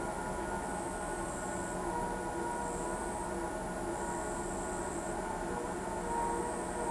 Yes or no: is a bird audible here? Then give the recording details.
no. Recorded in pastures near Pivijay, Magdalena, Colombia, on 13 April 2023 at 18:30. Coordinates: 10.456, -74.369. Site P6-G026